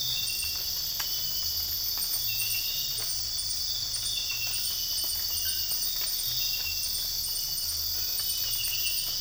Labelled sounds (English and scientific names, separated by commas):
none